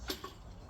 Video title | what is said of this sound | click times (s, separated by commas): CleverSpa Hot Tub how to fix/repair (2) | Hear that clicking? | 0.1 s, 0.2 s